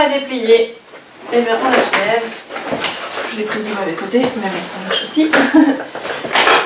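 A stroller's folding frame is unfolded and lifted by hand, with rattling, clattering metal-and-plastic handling noises and a sharper knock near 6.4 s while someone talks. The frame's folding lock has not clicked into place yet.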